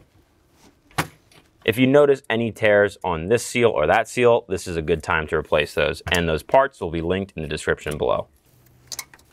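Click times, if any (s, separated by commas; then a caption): 8.9 s, 9.0 s. Someone talks while the intake charge pipe, its rubber seal lubricated with a little oil, is pushed back onto the turbo outlet of a 2019-2026 BMW G05 X5 / G06 X6 (50i, M50i, N63TU3). The pipe's spring retaining clip snaps home with sharp clicks at 8.9 s and 9.0 s, and the pipe is seated.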